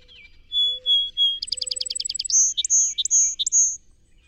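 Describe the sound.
Song Sparrow song with three whistled notes, a rapid rattling trill, then several high ringing notes with short clicks between them.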